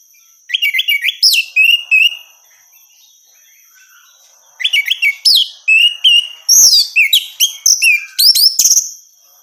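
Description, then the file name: Orange-headed thrush song: chattering high phrases with slurred whistles, a short pause, then a longer animated run of varied notes. Female. "suara burung anis merah betina"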